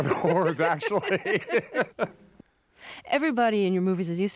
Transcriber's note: laughter